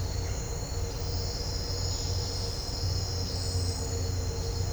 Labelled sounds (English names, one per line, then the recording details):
none
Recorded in dense forest near Puerto Asís, Putumayo, Colombia, on 4 March 2025 at 07:30
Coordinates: 0.468, -76.322
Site GP01